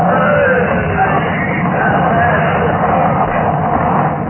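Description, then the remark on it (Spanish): Several guards scream and yell in anguish as part of a tunnel roof collapses onto them, a dense, rumbling crash of falling debris, the loud chaotic din holding steady for a few seconds. “al instante parte del techo del túnel se derrumbó. Cayeron sobre los guardias que lanzaron gritos angustiosos de muerte.”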